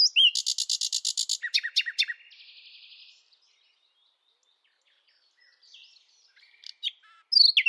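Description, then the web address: Bird song: a fast run of high buzzy notes, then a few sharp chirps and a flat buzzy trill, a pause, then a few high notes near the end. "Bird Only"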